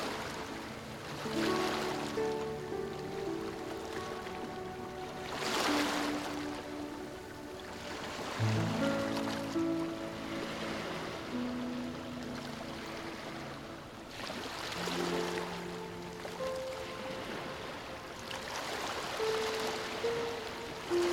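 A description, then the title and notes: Ocean waves wash in with soft, slow piano-like music. Wave surges swell and fade roughly every four to five seconds as a hissing rush, while sustained mid-low notes hold steady underneath, with brighter notes placed sparsely on top. Soothing Sounds Of The Sea | Ocean Waves & Relaxing Music. In this soundscape, the soothing sounds of the ocean blend with the gentle melodies of relaxing music, creating a symphony of tranquility.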